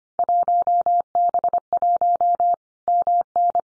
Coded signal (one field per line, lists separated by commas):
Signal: Morse code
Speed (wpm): 25 wpm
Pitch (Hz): 700 Hz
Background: none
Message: 1B1 MN